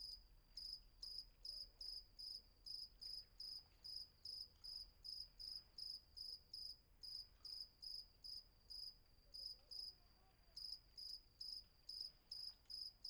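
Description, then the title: Cricket chirping in steady high trilled pulses, some brief gaps, over a continuous faint high insect hum in a quiet night setting. Night atmosphere at Vagia, Patmos, Greece; recorded with Fostex FR-2 and MKH800 microphone. "Patmos, Vagia, Griechenland - Nachtsimmung 03, Grillen"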